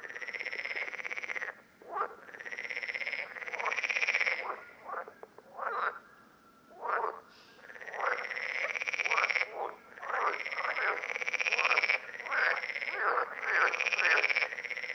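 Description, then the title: Parsley frogs in a busy chorus of grating, pulsed croaks, mostly long overlapping runs broken by a few short separate calls. Several frogs recorded at Lerouville, Lorraine, France, on 5 June 2022. "Parsley-Frogs-Lerouville-Lorraine-France-05 06 2022"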